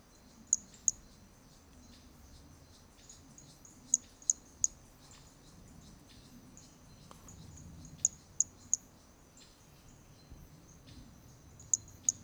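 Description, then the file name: Hermogenes's toadlet: bursts of two or three crisp, very high clicks repeat about every four seconds, with steady insect buzzing throughout. Recorded on the Trilha do Ipiranga in 2021; individual number 2; the first three notes of the call are missing. "Brachy hermogenesi Trilha do Ipiranga ind 2 three starting notes lost"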